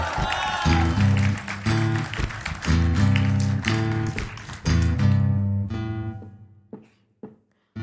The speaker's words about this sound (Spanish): Un aplauso para mi comaila